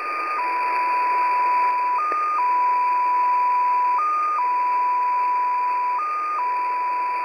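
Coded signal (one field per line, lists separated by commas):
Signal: multi-tone FSK (Olivia or MFSK type)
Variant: XPA2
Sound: steady tone with a brief higher blip every two seconds over hiss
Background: radio static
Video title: XPA2 Data Mode 08/07/2023 0910 UTC 13445kHz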